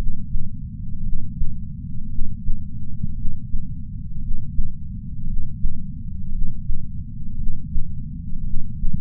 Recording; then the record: heart sounds by patch sensor on the chest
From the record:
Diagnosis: coronary artery disease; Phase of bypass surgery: intraoperative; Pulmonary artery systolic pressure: 25 mmHg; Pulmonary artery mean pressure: 17 mmHg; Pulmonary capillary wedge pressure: 11 mmHg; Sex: male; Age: 62 years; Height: 172 cm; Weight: 60 kg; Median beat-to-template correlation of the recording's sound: 0.91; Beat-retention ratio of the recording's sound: 1.00